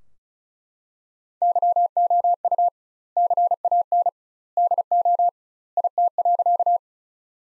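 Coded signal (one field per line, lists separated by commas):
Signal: Morse code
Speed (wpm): 36 wpm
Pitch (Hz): 700 Hz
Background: none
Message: YOU CAN DO IT.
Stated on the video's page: Morse practice sentences from the top 100 words at 35wpm with 2x standard word spacing, analogous to Farnsworth, for head-copy training.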